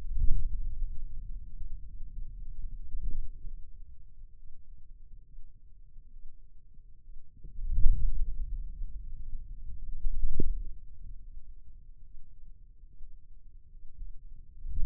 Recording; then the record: forearm muscle sounds (acoustic myography)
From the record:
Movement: wrist flexion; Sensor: system 2, bracelet of six BSWA MPA416 microphones around the upper forearm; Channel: 6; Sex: male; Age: 22 years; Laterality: right